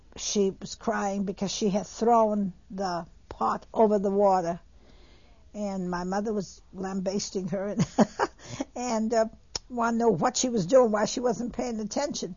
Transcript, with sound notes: she was crying because she had thrown the pot over the water, and my mother was lambasting her, and she, (she laughs) and wanted to know what she was doing, why she wasn't paying attention.